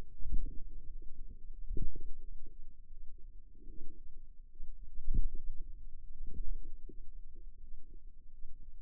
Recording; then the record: forearm muscle sounds (acoustic myography)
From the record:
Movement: pen grasping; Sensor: system 2, bracelet of six BSWA MPA416 microphones around the upper forearm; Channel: 3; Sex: female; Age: 23 years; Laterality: right